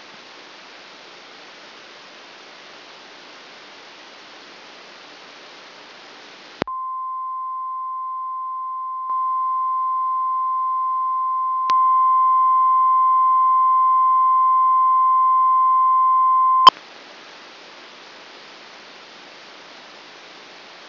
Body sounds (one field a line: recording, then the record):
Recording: brain microelectrode recording played as sound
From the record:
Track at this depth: outside the subthalamic nucleus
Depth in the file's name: 5.001 mm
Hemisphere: right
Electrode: 2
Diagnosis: Parkinson's disease